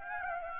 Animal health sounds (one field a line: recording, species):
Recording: mosquito wingbeat signal from an infrared sensor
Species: Aedes aegypti